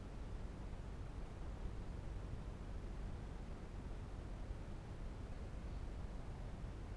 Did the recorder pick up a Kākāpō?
no